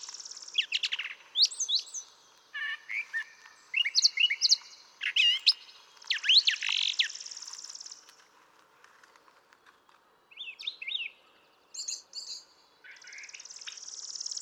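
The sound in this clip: Brown thrasher: bird song of varied chirps, slurred whistles and harsh phrases, with quieter stretches and a high fast trill near the end.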